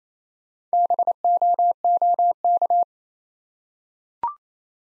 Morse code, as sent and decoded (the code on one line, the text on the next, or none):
-... --- --- -.-
BOOK